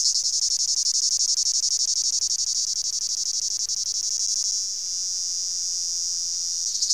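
Cicada song, a loud high-pitched buzz, rapidly pulsed for almost five seconds, then a smoother steady drone, then pulsing again at the end.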